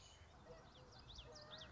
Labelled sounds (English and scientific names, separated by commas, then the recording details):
Common Yellowthroat (Geothlypis trichas)
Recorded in Sonoma County, California